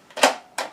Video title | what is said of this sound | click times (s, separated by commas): Cleaning SD501 Kangen machine | that slider they'll have you here to the left you hear a little click | 0.6 s